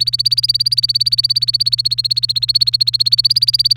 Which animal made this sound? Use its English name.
Domestic Canary